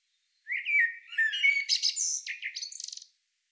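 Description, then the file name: Common blackbird song: a mellow, fluting whistled phrase that ends in a rapid, squeaky twittering flourish. "Turdus merula"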